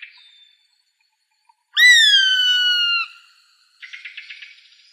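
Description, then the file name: Gray hawk calling once, a strong ringing whistle that starts high and eases down, lasting over a second, followed by a brief buzzy trill. Recorded in Arizona on 7 August 2006. "AZFO GRHA 8 deviche"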